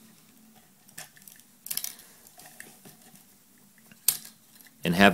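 A plastic Powerizer weapon accessory for a Transformers Prime Ultra Magnus Voyager Class action figure is lined up and pushed onto the peg on the figure's arm while someone talks. Light plastic taps and clicks come around 1.7 s and 2.6 s, then a sharp click at 4.1 s as the weapon seats onto the arm peg, followed by louder broadband handling noise at the end.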